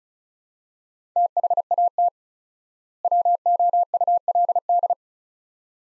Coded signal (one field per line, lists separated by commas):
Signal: Morse code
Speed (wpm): 36 wpm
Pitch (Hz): 700 Hz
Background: none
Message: THAT WOULD